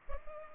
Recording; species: mosquito wingbeat signal from an infrared sensor; Culex pipiens